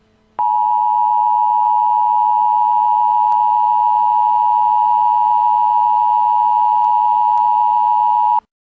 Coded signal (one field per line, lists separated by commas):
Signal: Emergency Alert System (SAME) tones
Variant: 853 and 960 Hz attention tone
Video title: Mabinogi Emergency Alert System